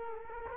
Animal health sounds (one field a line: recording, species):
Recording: mosquito wingbeat signal from an infrared sensor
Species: Culex quinquefasciatus